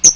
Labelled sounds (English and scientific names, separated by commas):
Chestnut-sided Warbler (Setophaga pensylvanica) flight call